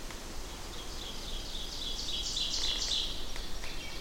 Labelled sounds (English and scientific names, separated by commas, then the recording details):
Ovenbird (Seiurus aurocapilla) song
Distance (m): 20 m
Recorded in boreal forest in Alberta, Canada, on 14 June 2016 at 07:25
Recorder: SongMeter 3, array SBT-3-33
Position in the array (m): 256 m, 267 m
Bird 22